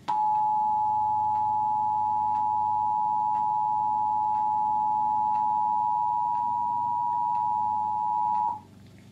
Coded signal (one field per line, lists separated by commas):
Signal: Emergency Alert System (SAME) tones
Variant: 853 and 960 Hz attention tone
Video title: National Emergency Alert System Test November 9th, 2011